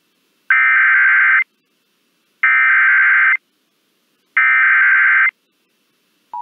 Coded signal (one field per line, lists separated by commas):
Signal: Emergency Alert System (SAME) tones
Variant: header bursts